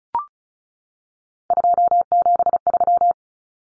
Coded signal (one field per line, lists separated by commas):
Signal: Morse code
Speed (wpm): 34 wpm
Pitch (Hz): 700 Hz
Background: none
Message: 273